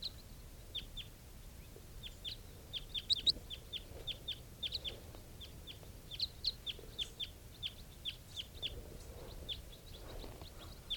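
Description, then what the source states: Red crossbill flight calls: many short, sharp, high chips throughout from several birds, with faint low background noise. Type 4 call type; wild flock of about 10 flying over, recorded near a captive bird.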